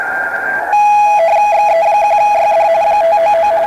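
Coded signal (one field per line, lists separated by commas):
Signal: RTTY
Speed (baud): 45.45 baud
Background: radio noise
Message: XE1YD 599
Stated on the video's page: Amateur digital modes on 40 meters from a Yaesu FT-891 with an inverted-V random wire antenna and manual tuner.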